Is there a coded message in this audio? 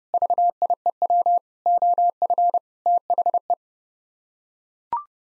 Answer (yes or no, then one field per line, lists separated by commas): yes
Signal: Morse code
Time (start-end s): 0.1-3.5 s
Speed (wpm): 30 wpm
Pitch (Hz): 700 Hz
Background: none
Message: VIEW OF THE